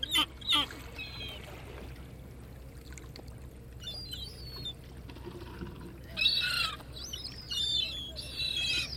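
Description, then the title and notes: Gulls giving sharp mewing and squealing cries in scattered bursts with a quiet spell between them, over a low drone. Various Atlantic gull species scavenging mussel remnants as two fishermen clean mussels, fishing port of Baleeira, Sagres, Portugal. "Fishing port, Baleeira. Baleeira in Sagres. various breeds of Atlantic seagulls, gracefully scavenging the remnants of mussels being cleaned by two diligent fishermen. Recorded by Rafael Diogo. Music for Sleep"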